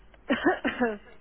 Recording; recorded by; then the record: voluntary cough; telephone call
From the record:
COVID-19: negative